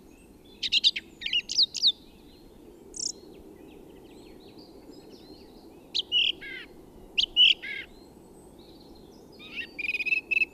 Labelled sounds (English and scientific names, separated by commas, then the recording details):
Song Thrush (Turdus philomelos) song
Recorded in the wild
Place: DE
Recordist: Tretzel, Erwin